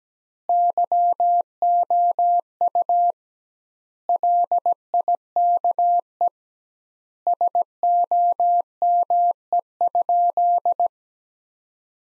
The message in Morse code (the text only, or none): YOU LIKE SOME?